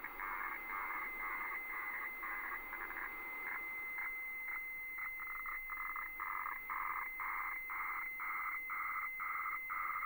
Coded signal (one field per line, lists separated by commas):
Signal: weather fax (radiofax)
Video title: Decoding HF wefax with an Atari 8-bit computer